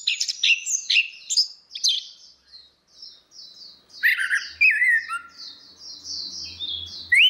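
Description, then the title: Orange-headed thrush giving a jumble of high whistles and chirps, with a faint low hum in the second half. "Burung Anis Merah"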